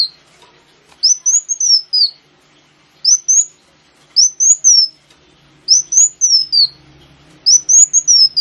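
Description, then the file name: Sunbird song: high, thin whistled phrases that rise then slide down, given in separate bursts, over a faint low hum. Sunbird known locally as kolibri wulung, used as a lure (pancingan). "suara burung kolibri wulung pancingan"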